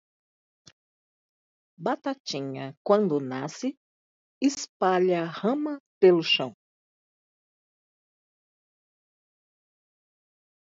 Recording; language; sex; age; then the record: short text; Brazilian Portuguese; female; 50 to 59 years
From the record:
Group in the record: control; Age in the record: 53 years